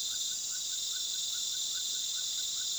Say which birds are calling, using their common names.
none